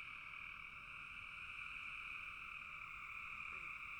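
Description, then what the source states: Frogs in full chorus, a dense, even drone that never breaks across the short stretch. Several frogs calling in a bog.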